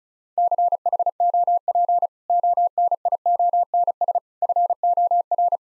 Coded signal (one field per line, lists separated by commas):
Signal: Morse code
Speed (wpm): 36 wpm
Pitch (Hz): 700 Hz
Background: none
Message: CHOP ONIONS FOR